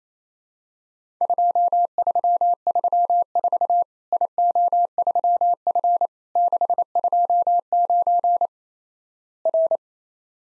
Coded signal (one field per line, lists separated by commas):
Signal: Morse code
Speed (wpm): 28 wpm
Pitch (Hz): 700 Hz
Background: none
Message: 2334 IO3F 629 R